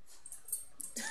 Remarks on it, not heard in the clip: Now he's sneezing. If you listen ever so closely, you can hear the gentle, soothing sneeze of Spencer the dog.